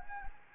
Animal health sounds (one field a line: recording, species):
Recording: mosquito wingbeat signal from an infrared sensor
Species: Anopheles gambiae